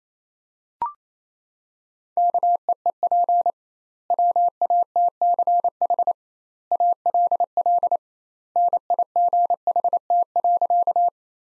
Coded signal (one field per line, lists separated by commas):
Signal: Morse code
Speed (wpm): 28 wpm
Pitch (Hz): 700 Hz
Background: none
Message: KEEP WATCH ALL NIGHT.